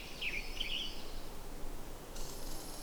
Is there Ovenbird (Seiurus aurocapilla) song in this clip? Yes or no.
no